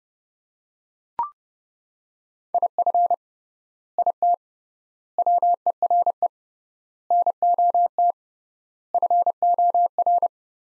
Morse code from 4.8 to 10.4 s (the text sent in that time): WERE NOT FOR